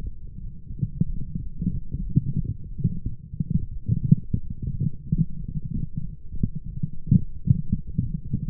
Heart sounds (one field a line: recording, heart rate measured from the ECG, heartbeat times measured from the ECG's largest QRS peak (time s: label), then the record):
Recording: heart sounds by stethoscope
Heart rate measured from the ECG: 90 bpm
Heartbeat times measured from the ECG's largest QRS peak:
0.37 s: heartbeat
1.05 s: heartbeat
1.69 s: heartbeat
2.34 s: heartbeat
3.00 s: heartbeat
3.69 s: heartbeat
4.40 s: heartbeat
5.07 s: heartbeat
5.71 s: heartbeat
6.36 s: heartbeat
7.03 s: heartbeat
7.72 s: heartbeat
8.40 s: heartbeat
From the record:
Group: healthy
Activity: light exercise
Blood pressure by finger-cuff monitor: 111/63 mmHg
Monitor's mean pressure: 80 mmHg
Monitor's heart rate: 91 bpm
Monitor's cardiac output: 8.1 L/min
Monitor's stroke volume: 91 mL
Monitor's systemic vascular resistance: 720 dyn s/cm5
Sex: female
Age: 26 years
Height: 165 cm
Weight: 55 kg